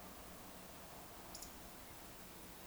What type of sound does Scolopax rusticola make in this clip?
whistle